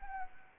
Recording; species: mosquito wingbeat signal from an infrared sensor; Anopheles arabiensis